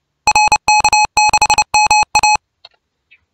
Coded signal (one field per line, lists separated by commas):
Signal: Morse code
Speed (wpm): 29 wpm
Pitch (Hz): 850 Hz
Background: none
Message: RK6MA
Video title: RUFZ 2022 R4SBD